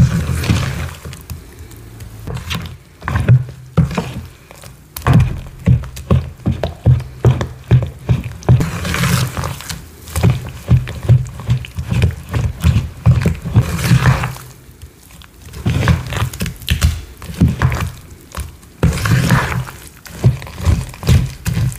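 Gym chalk and cornstarch being crushed and squeezed, with a steady run of soft, dense crunching pulses that repeat several times a second. Low thuds sit under crisp, brighter crackles throughout, with brief quieter gaps near 15 and 19 seconds.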